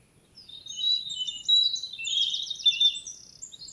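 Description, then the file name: European robin delivering a continuous stream of high, liquid trills and thin whistled notes, shifting quickly in pitch, with a rapid rattling passage late in the phrase. "Erithacus rubecula"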